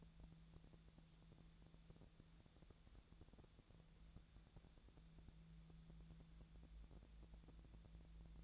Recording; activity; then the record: daily activity, microphone in the room; wipe stove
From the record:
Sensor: 3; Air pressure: 1000.5 hPa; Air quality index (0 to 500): 173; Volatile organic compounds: 3 ppm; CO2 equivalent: 1501 ppm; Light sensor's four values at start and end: 13/30/13/13 and 13/30/13/13